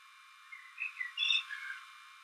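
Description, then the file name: Common blackbird with one brief phrase of a few clear whistled notes, the middle note highest and loudest, over quiet background hiss. "Turdus merula - Common Blackbird"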